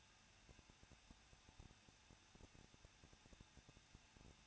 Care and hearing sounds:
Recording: daily activity, microphone in the room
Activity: no activity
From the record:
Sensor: 2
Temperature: 21.0 degrees Celsius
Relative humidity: 37.5%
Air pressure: 1006.2 hPa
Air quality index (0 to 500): 223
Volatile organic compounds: 25 ppm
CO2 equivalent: 2839 ppm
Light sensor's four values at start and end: 2/3/2/2 and 2/3/2/2

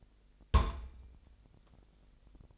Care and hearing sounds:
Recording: daily activity, microphone in the room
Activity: place on stove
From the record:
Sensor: 5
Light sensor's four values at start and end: 31/70/29/28 and 31/72/29/29

